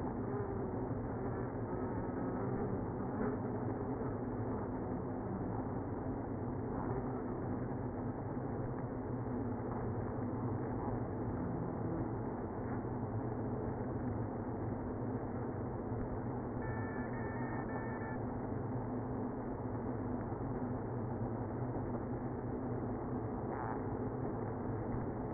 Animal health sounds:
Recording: honeybee colony, microphone inside the hive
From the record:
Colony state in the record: queenless (queen removed)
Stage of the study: after two queens were removed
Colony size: about 60,000 bees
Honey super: yes

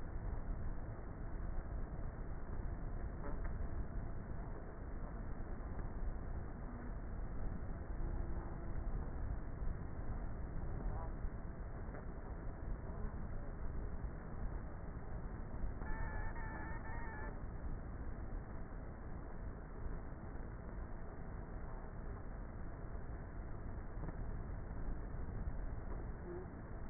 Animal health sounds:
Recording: honeybee colony, microphone inside the hive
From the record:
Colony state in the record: queenless with a low population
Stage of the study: before two queens were removed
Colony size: about 30,000 bees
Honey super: no

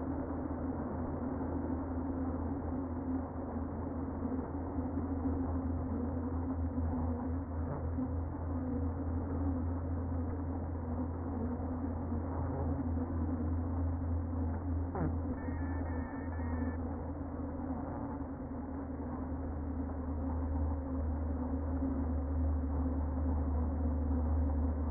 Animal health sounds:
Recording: honeybee colony, microphone inside the hive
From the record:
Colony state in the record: queen present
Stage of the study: before two queens were removed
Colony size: about 60,000 bees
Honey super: yes

